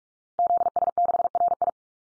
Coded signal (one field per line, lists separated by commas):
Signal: Morse code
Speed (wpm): 44 wpm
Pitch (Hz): 700 Hz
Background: none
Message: ZS6RI